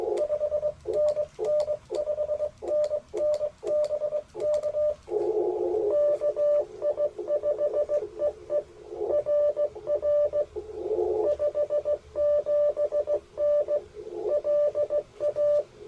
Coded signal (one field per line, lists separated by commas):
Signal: Morse code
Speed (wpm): 20 wpm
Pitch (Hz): 600 Hz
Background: radio noise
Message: 5NN 5NN BK KI5EE RR 57N LA